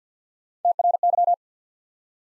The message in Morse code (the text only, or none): T R Y